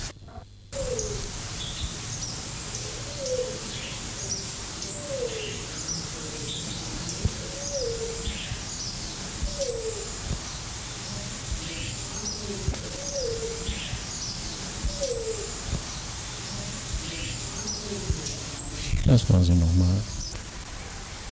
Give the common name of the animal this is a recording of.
Coroneted Fruit Dove